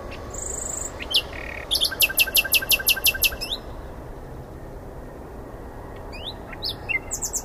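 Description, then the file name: Common nightingale song with a short whistle, then a steady rattle of loud repeated notes, followed by softer scattered notes. "Luscinia megarhynchos"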